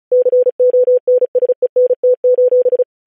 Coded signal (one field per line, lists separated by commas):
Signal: Morse code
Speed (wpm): 36 wpm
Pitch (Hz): 500 Hz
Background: none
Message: CONSENT: